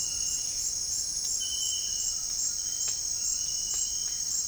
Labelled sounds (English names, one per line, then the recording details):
none
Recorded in dense forest near Puerto Asís, Putumayo, Colombia, on 12 March 2025 at 18:00
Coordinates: 0.484, -76.325
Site G045